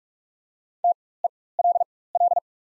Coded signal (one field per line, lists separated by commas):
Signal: Morse code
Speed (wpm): 43 wpm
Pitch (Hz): 700 Hz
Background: none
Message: TELL